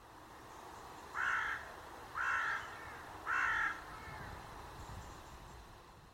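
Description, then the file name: Carrion crow cawing: three harsh, drawn-out caws about one second apart, followed by quiet with a low background rumble. "Corvus corone"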